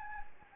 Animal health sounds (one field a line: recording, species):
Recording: mosquito wingbeat signal from an infrared sensor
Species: Anopheles gambiae